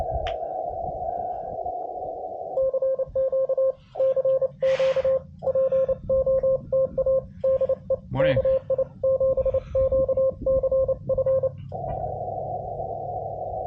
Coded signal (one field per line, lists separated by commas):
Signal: Morse code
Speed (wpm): 28 wpm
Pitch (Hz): 530 Hz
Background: speech, radio noise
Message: CQ CQ POTA DE KI7QCF